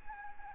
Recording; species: mosquito wingbeat signal from an infrared sensor; Anopheles arabiensis